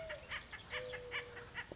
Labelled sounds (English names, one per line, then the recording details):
Acorn Woodpecker
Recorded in Sonoma County, California